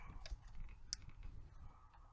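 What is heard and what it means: An electrical connector is pushed onto ignition coil pack number one on a Hyundai Santa Fe during ignition coil pack replacement. Faint ticks and handling noises lead up to a sharp click at 0.9 s as the connector seats into place, followed by a few quieter ticks.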